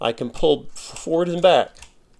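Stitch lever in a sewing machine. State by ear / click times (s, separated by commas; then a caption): not seated / none. Someone talks while refitting the metal stitch-length lever on a vintage Necchi sewing machine after finding it on the floor, working it forward and back by hand. Only speech and faint handling are heard. Nothing has seated or clicked yet.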